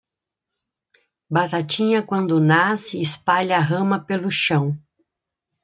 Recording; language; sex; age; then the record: short text; Brazilian Portuguese; female; 50 to 59 years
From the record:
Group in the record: control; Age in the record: 57 years